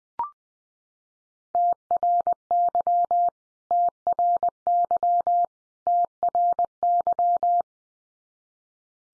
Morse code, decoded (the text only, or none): TRY TRY TRY